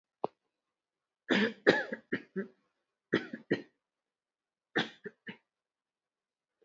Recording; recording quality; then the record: shallow voluntary cough; excellent, no background noise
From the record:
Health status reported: recovered from COVID-19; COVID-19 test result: positive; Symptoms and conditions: cough, fever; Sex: female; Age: 54 years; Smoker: not ticked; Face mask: not worn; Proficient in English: yes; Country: India